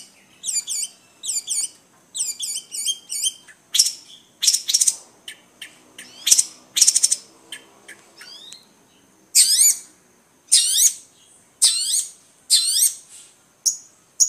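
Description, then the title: Long-tailed shrike song with repeated paired high chirps, then harsh rasping bursts and loud clipped notes, a varied sequence of mixed phrases. Combination song. "Kicau Pentet Kombinasi"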